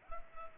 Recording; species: mosquito wingbeat signal from an infrared sensor; Culex pipiens